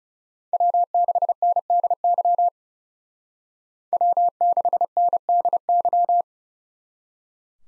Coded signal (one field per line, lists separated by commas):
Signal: Morse code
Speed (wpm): 35 wpm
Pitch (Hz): 700 Hz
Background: none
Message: W6NDY W6NDY